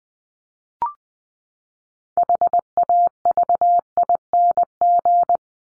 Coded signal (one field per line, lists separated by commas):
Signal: Morse code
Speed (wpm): 20 wpm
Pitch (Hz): 700 Hz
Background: none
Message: HAVING